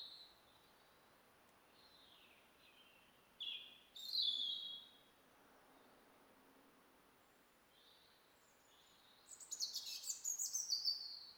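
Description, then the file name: European robin singing: soft, high sliding notes, a bright warbled phrase, a pause, then a busy high twittering run. "Erithacus rubecula"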